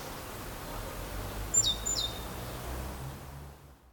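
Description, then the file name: Great tit with one short pair of high, thin descending notes, quiet against soft hiss and low hum that fades out at the end. "Parus major"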